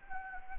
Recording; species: mosquito wingbeat signal from an infrared sensor; Anopheles gambiae